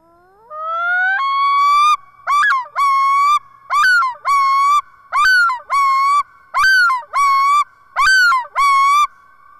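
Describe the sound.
Loon call: a long rising wail followed by a run of repeated yodel-like notes, rich in harmonics.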